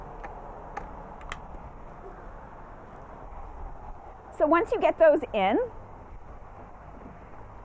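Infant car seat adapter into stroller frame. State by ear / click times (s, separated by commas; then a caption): seated / 0.8 s, 1.3 s. Infant car seat adapters on a 2018 Britax B-Free stroller from the B-Safe Ultra travel system are pushed into the stroller frame. Two sharp clicks at 0.8 s and 1.3 s show the adapters snapping into place. Someone talks afterward.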